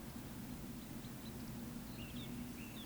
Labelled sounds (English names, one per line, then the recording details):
Eurasian Woodcock whistle
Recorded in Baden-Württemberg, Germany, on 14 May 2021 at 19:32 UTC
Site 25175, 602 m above sea level